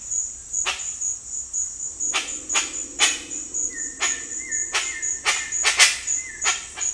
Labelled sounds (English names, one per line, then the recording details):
Speckled Chachalaca
White-shouldered Antbird
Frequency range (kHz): White-shouldered Antbird 1.3-2.8 kHz
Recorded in dense forest near Puerto Asís, Putumayo, Colombia, on 20 February 2024 at 08:00
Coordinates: 0.484, -76.317
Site G6464